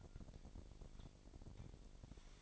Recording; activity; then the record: daily activity, microphone in the room; take from stove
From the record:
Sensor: 5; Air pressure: 1012.1 hPa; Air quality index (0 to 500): 233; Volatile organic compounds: 4 ppm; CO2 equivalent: 1552 ppm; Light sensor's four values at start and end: 48/107/46/50 and 49/111/47/50